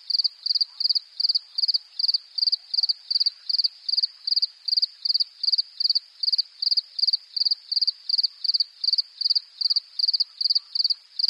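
Cricket giving steady high-pitched chirps, each a quick burst of pulses, repeated in a regular beat of roughly three per second.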